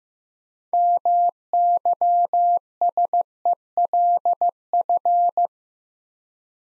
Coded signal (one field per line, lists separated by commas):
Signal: Morse code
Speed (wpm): 15 wpm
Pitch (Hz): 700 Hz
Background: none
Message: MYSELF